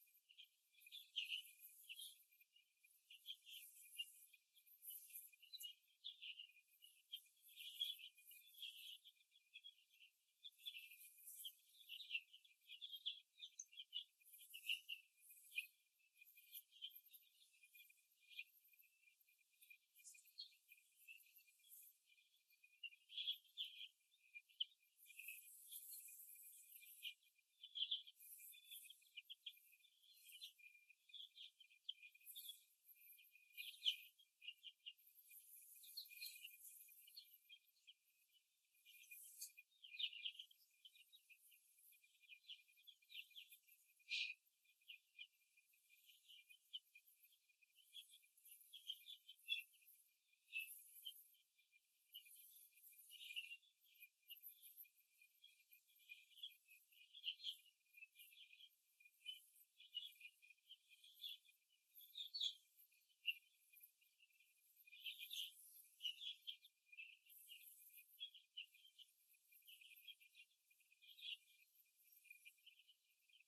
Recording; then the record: young laying hens in a cage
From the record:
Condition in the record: after the stressor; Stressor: simulated dog barking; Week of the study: 2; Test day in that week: 2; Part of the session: 1